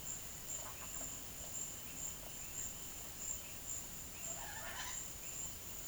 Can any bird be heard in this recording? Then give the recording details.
yes. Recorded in pastures near Puerto Asís, Putumayo, Colombia, on 23 June 2025 at 13:00. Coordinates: 0.472, -76.331. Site G095